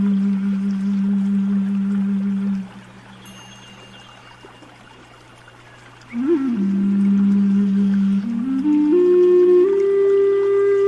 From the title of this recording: Nature Sounds, Zen Music